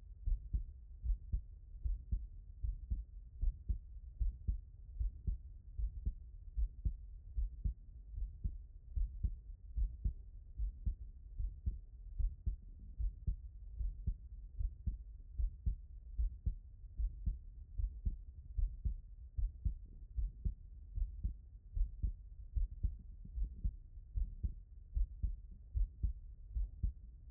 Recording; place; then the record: heart sounds by stethoscope; tricuspid valve (TV)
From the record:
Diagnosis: non-HFrEF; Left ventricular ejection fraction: 59%